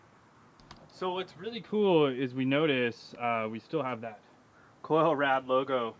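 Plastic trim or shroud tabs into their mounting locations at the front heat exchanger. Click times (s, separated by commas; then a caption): 0.6 s, 0.7 s. A plastic piece is pushed onto its three locating tabs on each side in front of a new aluminum Koyorad heat exchanger on a BMW F8x (M4 F82, M3 F80, M2 F87 Comp), giving two short, quiet ticks at 0.6 s and 0.7 s as the tabs click into place. Then someone talks. The plastic piece is seated.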